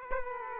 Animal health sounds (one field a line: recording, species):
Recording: mosquito wingbeat signal from an infrared sensor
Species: Aedes aegypti